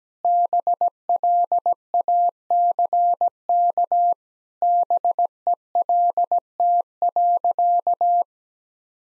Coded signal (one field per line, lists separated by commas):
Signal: Morse code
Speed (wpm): 17 wpm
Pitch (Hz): 700 Hz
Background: none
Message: BLACK BELT.